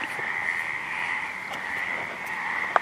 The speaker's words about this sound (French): Sur le terrain de foot transformé en piscine, un concours de coassement. On entend d'ici, étrangement, nulle dissonance.